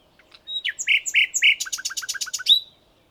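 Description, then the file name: Common nightingale song phrase: a few faint notes, then three loud buzzy chirps followed by a rapid series of repeated dropping notes, ending in a sharp upslurred note. "Luscinia megarhynchos"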